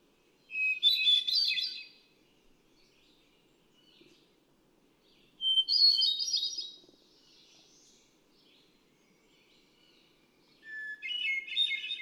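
Hermit thrush song, three separate flute-like phrases roughly five seconds apart, each a pure whistle followed by a ringing, tumbling flourish; faint echoes in the pauses.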